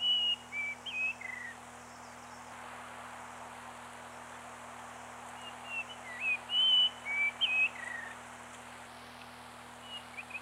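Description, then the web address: Bird whistles a few short clear notes at the start, pauses, then gives another brisk run of slurred whistled notes, with a constant low hum underneath. "birdsong 25 05 94 gularis 18 XII"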